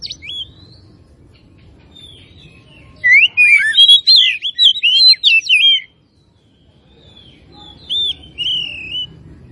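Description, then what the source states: Oriental magpie-robin singing a rapid burst of varied whistles and sweeping notes lasting about three seconds, followed by a softer warbled phrase; low background rumble. Kacer from Tretes, singing in full active song (gacor).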